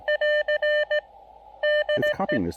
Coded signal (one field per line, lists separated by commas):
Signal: Morse code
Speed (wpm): 17 wpm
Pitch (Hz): 590 Hz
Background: speech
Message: <AR> DE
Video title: Final POTA Activation in Québec: Pairing the Elecraft KX2 and Tufteln EFRW at Cap Tourmente!